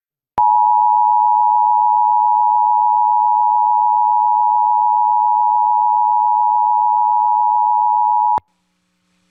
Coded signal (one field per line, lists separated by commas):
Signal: Emergency Alert System (SAME) tones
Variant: 853 and 960 Hz attention tone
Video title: EAS Alerts from September 10-11th, 2023 [EAS #1,082-1,095]